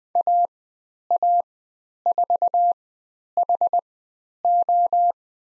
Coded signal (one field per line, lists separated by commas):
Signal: Morse code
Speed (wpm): 20 wpm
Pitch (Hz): 700 Hz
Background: none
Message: AA4HO